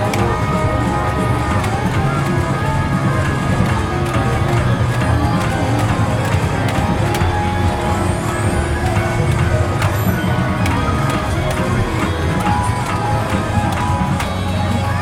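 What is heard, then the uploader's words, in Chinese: A busy underground shopping street at a Taipei station hums with steady crowd chatter, footsteps, and occasional sharper clinks over a constant low rumble. 台北車站Y區地下街。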